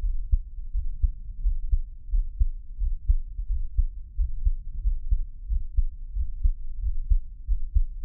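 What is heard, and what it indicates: Steady low thumping of the creator's own heartbeat, about 88 beats a minute, heard up close in a Taiwanese ASMR piece with no talking.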